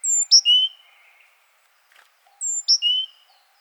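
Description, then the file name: Great tit call: a high whistled note sliding down, then a short sharp note and a lower level whistle, the phrase given twice about two and a half seconds apart. "Parus major"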